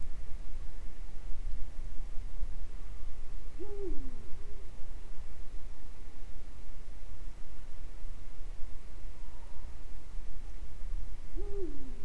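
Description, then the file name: Eurasian eagle-owl giving two deep hoots about eight seconds apart, each rising then falling, over steady background noise. Øygarden, Vestland, Norway, 2020. "hubro oygarden 2020"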